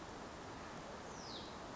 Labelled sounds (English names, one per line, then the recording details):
Hutton's Vireo
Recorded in Sonoma County, California